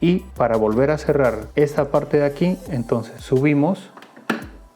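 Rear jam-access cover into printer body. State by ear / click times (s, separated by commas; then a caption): partly seated / 4.3 s. Someone talks while lifting the rear jam-access cover of an Epson L5590 / ET-4810 ink tank printer back up into the printer body to close it after clearing a paper jam. A sharp plastic click is heard at 4.3 s, but the cover has not closed completely on one side.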